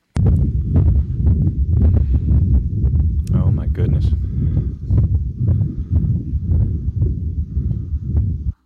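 A continuous low rumbling runs without pause, with faint beat-like accents riding on it. This is a continuous machinery (Gibson's) murmur in an adult, heard best at the upper left sternal border and possibly audible from the back, indicating a patent ductus arteriosus.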